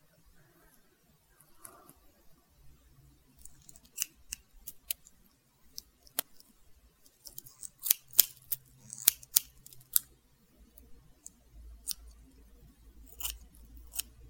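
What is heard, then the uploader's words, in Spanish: Scissors snip through hair in quick, irregular bursts of sharp, bright clicks, thickest between about four and ten seconds and again near the end. Faint murmuring sounds sit underneath, with a low hum rising toward the last few seconds. Corte de cabello. Muchos sonido de tijeras.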